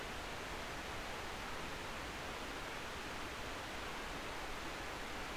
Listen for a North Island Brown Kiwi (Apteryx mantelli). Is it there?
no